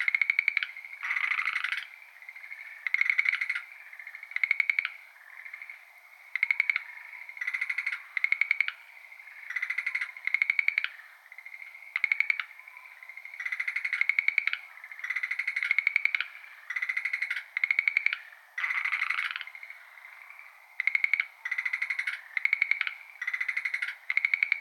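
Schlegel's green tree frogs call in a dense, continuous chorus of bright rattling trills, overlapping pulses repeating every second or so throughout.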